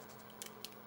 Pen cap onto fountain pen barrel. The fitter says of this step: and they all click into place you don't have to turn them like you do some of the other pins